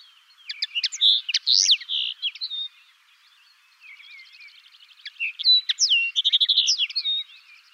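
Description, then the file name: Common linnet singing a fast, varied twitter of chirps, short whistled slurs and dry buzzy trills, in two lively phrases with a brief pause between. "Linotte melodieuse"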